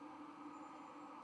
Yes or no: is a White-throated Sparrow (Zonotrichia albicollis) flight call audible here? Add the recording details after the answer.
no. No flight call is heard. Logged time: 22:05 on 31 October 2014